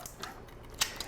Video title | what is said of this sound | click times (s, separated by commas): Firearm Safety Option - The Rac - Community Update | check it to hear that click to know it fell back in place pull from the back | 0.8 s